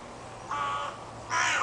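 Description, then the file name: Carrion crow uttering two short, hoarse caws, the second louder and harsher. "Corvus corone"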